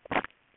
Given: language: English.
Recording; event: throat vibration sensor signal played as sound; swallow